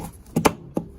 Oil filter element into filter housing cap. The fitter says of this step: you hear the click, which you just heard.